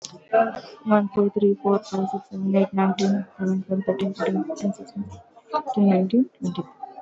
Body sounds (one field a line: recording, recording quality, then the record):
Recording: counting at a fast pace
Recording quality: moderate, slight background noise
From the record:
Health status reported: exposed to COVID-19, no respiratory illness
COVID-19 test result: negative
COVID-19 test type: RT-PCR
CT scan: not taken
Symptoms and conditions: cold, fever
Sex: female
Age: 24 years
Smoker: no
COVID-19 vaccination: one dose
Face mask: worn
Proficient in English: yes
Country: India